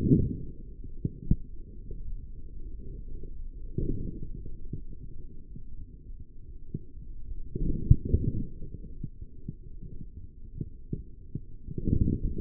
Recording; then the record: forearm muscle sounds (acoustic myography)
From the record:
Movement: forearm supination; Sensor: system 3, bracelet of six PUI Audio POM-2738L microphones around the upper forearm, with dedicated amplification and filtering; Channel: 5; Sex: male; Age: 43 years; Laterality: right